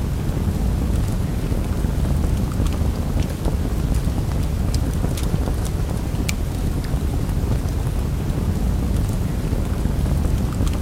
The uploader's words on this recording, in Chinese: 篝火｜燃烧的木头｜噼啪作响的火焰。